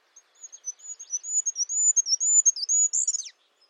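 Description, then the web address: Bird song made of quick, thin whistled notes in rapid succession, finishing with a descending slurred flourish. "Bird Only"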